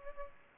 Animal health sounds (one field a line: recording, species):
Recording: mosquito wingbeat signal from an infrared sensor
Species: Aedes aegypti